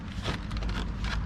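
A plastic AC vent assembly for a 2015–2019 Sonata is handled and lined up with its holes against the dashboard, with low, steady rumbling noise and brief faint handling taps near 0.6 and 0.7 seconds. Nothing has seated or clicked yet.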